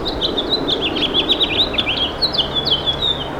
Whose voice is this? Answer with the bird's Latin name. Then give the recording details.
Haemorhous mexicanus. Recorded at Babylon on Long Island, New York, on 18 May 2013. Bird F